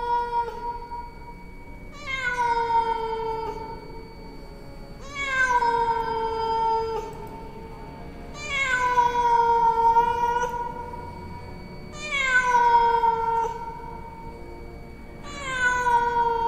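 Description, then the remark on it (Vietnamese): Cats in a forest give long, drawn-out meows about every three to four seconds, each a loud wavering cry that slides downward in pitch, with a faint hum filling the pauses between them. “Từ khu rừng chỉ vang lên những tiếng mèo kêu, thỉnh thoảng lác đác, sau đó lại chìm vào im lặng đến ngột ngạt và đáng sợ.”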